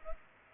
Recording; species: mosquito wingbeat signal from an infrared sensor; Culex pipiens